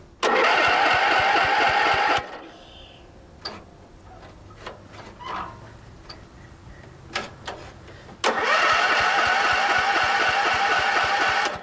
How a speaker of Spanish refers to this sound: La vieja máquina cortacésped de Alvin no quiere arrancar. El tiempo también se hace patente en ella.